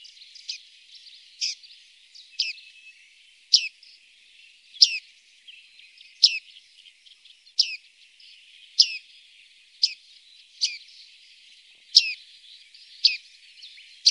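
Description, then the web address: Bearded reedling giving a long series of short, bright ping calls, roughly one per second, some slightly doubled, against a low hiss. "Faglar Sound Skaggmes"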